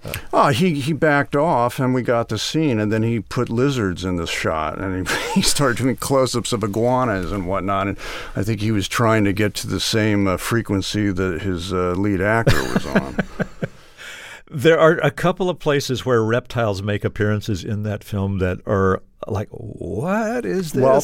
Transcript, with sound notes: he backed off and we got the scene. And then he put lizards in the shot and he started doing closeups of iguanas and whatnot. And I think he was trying to get to the same frequency that his lead actor was on.
(Laughter) There are a couple of places where reptiles make appearances in that film that are like, what is this